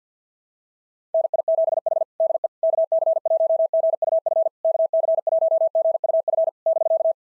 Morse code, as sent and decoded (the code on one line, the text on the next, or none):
-. .. --... .... / -.. . / -.- -.-. .---- --. ..- ..-. / -.- -.-. .---- --. ..- ..-. / -...-.-
NI7H DE KC1GUF KC1GUF <BK>